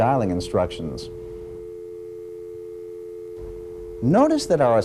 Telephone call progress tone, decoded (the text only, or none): dial tone